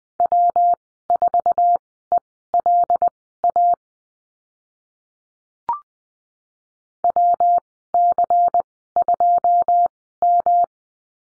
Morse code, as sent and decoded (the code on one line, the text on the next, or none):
.-- ....- . .-.. .- / .-- -.-. ..--- --
W4ELA WC2M